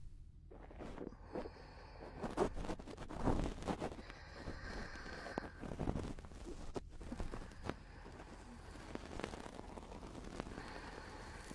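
Close-up ear cleaning: dense, irregular scratching and crackling clicks come in quick bursts throughout, with heavier scrapes around the second to sixth seconds. A low rumble sits underneath, and faint steady high tones drift in and out.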